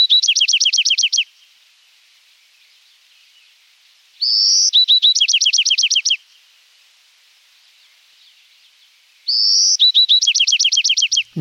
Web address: Birdnote. A Young Bewicks Wren Learns to Sing